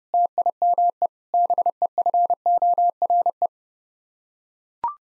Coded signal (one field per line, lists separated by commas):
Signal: Morse code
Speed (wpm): 32 wpm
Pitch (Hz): 700 Hz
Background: none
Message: TIME BEFORE